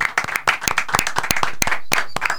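Audience applause fills the moment, a dense run of sharp, overlapping hand claps at a steady, fairly loud level with no voices on top.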